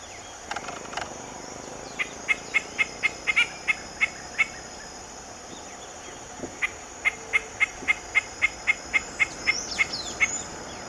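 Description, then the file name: Henna-capped foliage-gleaner singing two bursts of evenly spaced, clipped notes, roughly four a second, over a constant high insect whine. "Canto do fura barreira"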